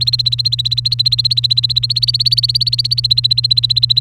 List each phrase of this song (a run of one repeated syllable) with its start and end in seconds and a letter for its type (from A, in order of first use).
0.01-4.00 A